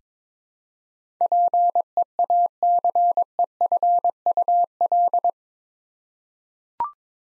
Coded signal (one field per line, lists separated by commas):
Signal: Morse code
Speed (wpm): 22 wpm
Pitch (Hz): 700 Hz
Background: none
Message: PEACEFUL